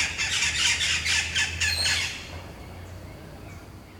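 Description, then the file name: Birds squawking in a loud rapid chatter of harsh repeated notes for about two seconds, then fading to quieter background with a low hum. Birds at Palenque. "Pajaros Palenque 2"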